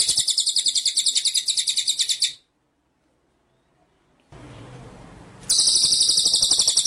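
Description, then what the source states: White-rumped shama song: a dense, high rattling trill that cuts off, a stretch of silence and soft hiss, then the same rapid trill returns. Training (masteran) track with full rolling ('ngerol') and shooting ('nembak') song styles.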